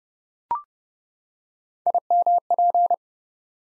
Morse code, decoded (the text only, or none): IMP